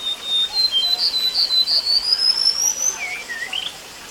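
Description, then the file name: Chinese blue flycatcher song: a long thin whistle slowly rising in pitch, followed by a few lower slurred notes. Recorded between Ya'an and Wawu, Sichuan, China, on 5 June 2011. "Chinese Blue Flycatcher Yaan To Wawu Sichuan 5 June 2011 Jvd W"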